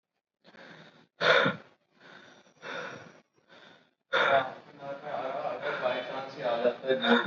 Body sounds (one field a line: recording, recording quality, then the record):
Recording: deep breathing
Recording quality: excellent, no background noise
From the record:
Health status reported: recovered from COVID-19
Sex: male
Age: 25 years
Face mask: worn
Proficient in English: yes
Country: India